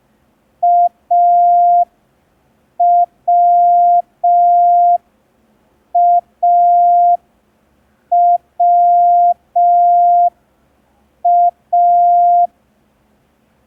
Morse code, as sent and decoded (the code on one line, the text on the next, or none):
.- .-- .- .-- .-
AWAWA